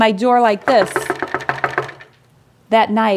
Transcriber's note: knocks several times